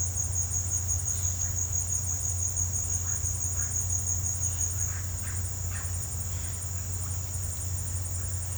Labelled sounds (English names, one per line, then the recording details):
none
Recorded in pastures near Puerto Asís, Putumayo, Colombia, on 15 December 2024 at 17:00
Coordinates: 0.502, -76.324
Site G077